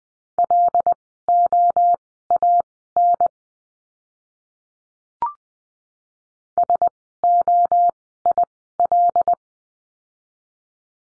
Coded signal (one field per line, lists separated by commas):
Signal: Morse code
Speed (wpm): 20 wpm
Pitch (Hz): 700 Hz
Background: none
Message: LOAN SOIL